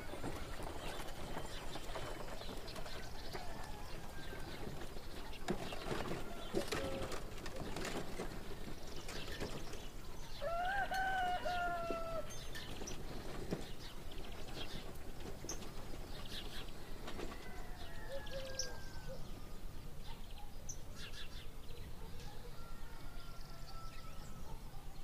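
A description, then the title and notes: Birds call over a steady bed of town activity, with a clear rising-and-falling bird or animal cry around ten to twelve seconds and softer calls later near seventeen and twenty-two seconds. Scattered knocks and clatter sound throughout beneath a constant low rumble. Peaceful fantasy town in the morning.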